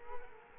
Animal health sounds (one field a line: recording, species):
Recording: mosquito wingbeat signal from an infrared sensor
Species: Culex quinquefasciatus